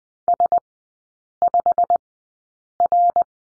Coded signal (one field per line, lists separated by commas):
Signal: Morse code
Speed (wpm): 20 wpm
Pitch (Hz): 700 Hz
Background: none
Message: S5R